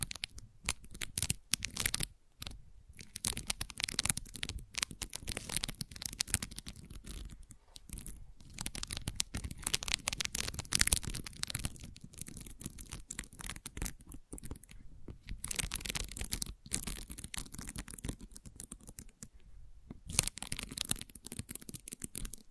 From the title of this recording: Gentle Scratching